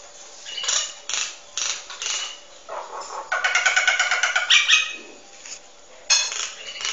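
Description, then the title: Nias hill myna singing a varied sequence of rasping, buzzy calls and a rapid rattling run of harmonic notes, with short pauses between phrases. Bird described as singing actively and very loudly; recording meant as tutor song for training other birds. "Burung Jalak Nias Gacor Suara Super Gledek Untuk Masteran"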